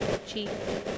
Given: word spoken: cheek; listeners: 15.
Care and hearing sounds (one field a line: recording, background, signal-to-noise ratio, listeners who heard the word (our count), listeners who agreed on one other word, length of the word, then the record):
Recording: one English word in noise, from a listening test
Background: noise modulated by three-talker babble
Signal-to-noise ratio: -4.1 dB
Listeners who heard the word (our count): 1 of 15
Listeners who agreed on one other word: 13 of 15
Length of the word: 0.58 s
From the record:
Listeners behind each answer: 13, 1, 1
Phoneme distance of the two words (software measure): 10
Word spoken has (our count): 1 syllable, 3 phonemes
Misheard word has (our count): 1 syllable, 3 phonemes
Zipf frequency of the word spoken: 3.93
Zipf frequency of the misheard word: 4.65